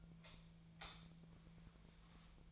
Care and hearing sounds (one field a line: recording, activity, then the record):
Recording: daily activity, microphone in the room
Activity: light off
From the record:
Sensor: 1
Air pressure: 1009.8 hPa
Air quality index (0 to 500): 189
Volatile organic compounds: 17 ppm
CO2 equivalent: 2597 ppm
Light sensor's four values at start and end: 47/134/55/63 and 36/91/38/46